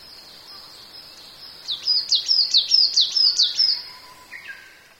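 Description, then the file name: Japanese tit calling: a quick run of sharp, high, downslurred notes over about two seconds, then a couple of softer, lower notes fading out. "shijukara"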